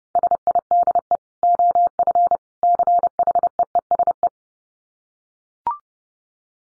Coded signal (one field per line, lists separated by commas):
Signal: Morse code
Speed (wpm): 29 wpm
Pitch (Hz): 700 Hz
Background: none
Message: SIDE OF CHEESE